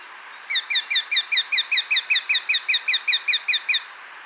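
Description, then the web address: Plain-breasted hawk giving a fast series of many sharp, clipped notes, steady in pitch and loudness, then stopping. Recorded in Ecuador. "Birds of Ecuador. Plain-breasted Hawk"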